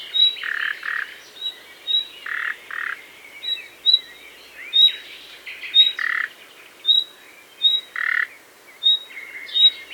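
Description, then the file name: Common nightingale giving repeated thin whistles and low grating croak notes, a regular back-and-forth pattern over ten seconds. "Luscinia megarhynchos"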